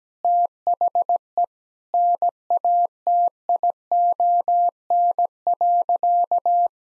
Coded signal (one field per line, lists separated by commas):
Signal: Morse code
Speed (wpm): 17 wpm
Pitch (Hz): 700 Hz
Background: none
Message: THE NATION.